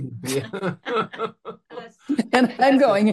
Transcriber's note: laughs